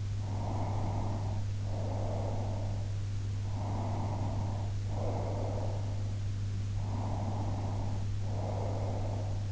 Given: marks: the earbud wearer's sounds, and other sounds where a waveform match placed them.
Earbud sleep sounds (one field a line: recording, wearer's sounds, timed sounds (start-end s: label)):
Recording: sounds in sleep by an in-ear microphone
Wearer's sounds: breath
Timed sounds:
0.46-2.88 s: breath
3.63-6.18 s: breath
6.81-9.52 s: breath